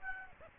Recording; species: mosquito wingbeat signal from an infrared sensor; Aedes aegypti